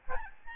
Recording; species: mosquito wingbeat signal from an infrared sensor; Aedes albopictus